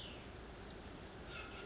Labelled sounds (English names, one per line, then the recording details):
Cassin's Vireo
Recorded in Sonoma County, California